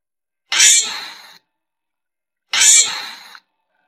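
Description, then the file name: Giant flying squirrel uttering a pair of harsh, airy screams two seconds apart, each starting sharply and tapering away, in otherwise silent surroundings. Calling to gather its group. "tieng soc bay trau soc bay lon keu goi bay dan"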